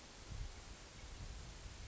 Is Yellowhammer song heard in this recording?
no